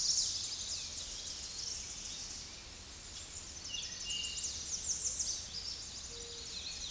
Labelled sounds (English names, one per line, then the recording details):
American Redstart song
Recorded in a Pennsylvania forest on 16 May 2024 at 07:41
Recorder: AudioMoth, point MSD-1405
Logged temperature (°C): 15.6 °C
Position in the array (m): 156 m, 220 m